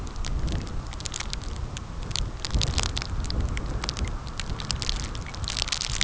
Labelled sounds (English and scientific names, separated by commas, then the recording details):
none
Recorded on Arctic tundra, site CORI-1, on 15 June 2018
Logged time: 10:00